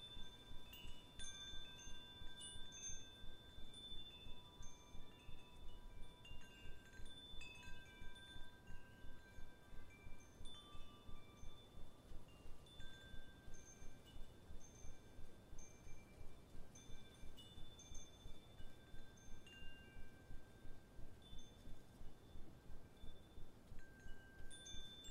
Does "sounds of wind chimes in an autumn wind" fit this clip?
yes